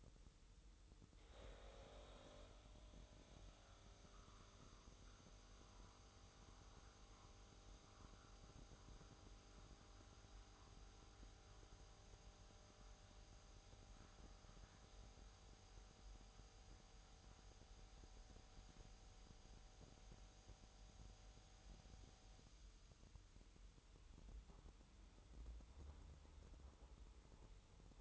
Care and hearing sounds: daily activity, microphone in the room; make coffee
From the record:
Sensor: 3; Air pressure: 988.5 hPa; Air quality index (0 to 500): 193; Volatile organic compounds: 280 ppm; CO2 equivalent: 4436 ppm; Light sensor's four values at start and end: 23/73/30/26 and 23/73/30/26

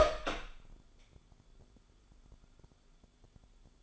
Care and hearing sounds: daily activity, microphone in the room; open door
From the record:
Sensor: 5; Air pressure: 1015.3 hPa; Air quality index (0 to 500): 203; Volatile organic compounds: 10 ppm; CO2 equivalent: 2205 ppm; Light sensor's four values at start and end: 36/81/33/31 and 36/81/33/31

